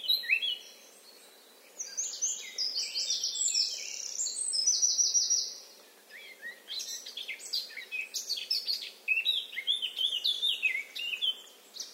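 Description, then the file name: Eurasian blackcap song in bursts of rapid, varied warbling, mixing scratchy chatter with clearer fluted notes, separated by short gaps. "Sylvia atricapilla"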